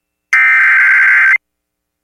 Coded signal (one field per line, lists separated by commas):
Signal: Emergency Alert System (SAME) tones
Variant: header bursts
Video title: ArkLaTex Wants More | EAS Alerts from January 18th, 2023 (EAS #2428-2437)